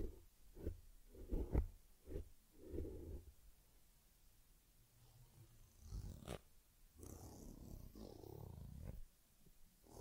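Teddy gets a head massage and fur combing, with low soft rubs and thumps, a sharp knock near six seconds, and occasional low growling.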